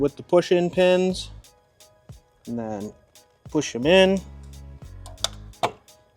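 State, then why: Seated. Someone talks as a painted, color-matched HOGWORKZ oil cooler cover for a 2023.5-and-later Harley-Davidson Touring motorcycle is lined up over rubber grommets and its push-in pins are pressed in by hand. One sharp, loud snap at 5.2 s marks the top pins seating into the grommets.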